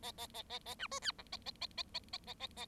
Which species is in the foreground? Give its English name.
Bengalese Finch